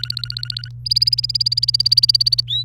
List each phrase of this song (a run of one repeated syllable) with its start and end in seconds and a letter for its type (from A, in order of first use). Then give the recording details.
0.00-0.69 A, 0.85-2.40 B, 2.48-2.63 C. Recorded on 28 April 2018 at 16:02. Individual llb3